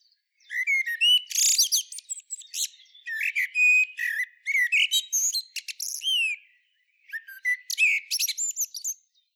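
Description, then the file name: Common blackbird singing almost continuously: varied whistled and warbled notes mixed with sharp high chirps and twittering trills, with one brief pause near seven seconds. "Turdus merula"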